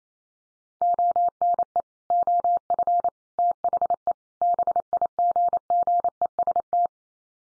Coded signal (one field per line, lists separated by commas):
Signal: Morse code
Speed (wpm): 28 wpm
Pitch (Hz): 700 Hz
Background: none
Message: ONE OF THE BIGGEST